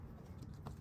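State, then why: Not seated. After changing the cabin air filter in a 2016 VW Golf R, someone pushes the plastic glove box back up so its top retaining tabs can clear the dashboard overhang. Low handling rumble and soft rustling brushes are heard, with brief brighter scrapes around 0.4 s and 0.7 s. Nothing has clicked or seated yet; the tabs have not snapped into the dashboard.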